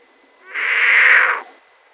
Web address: Schulze Peter Marsh Owl calls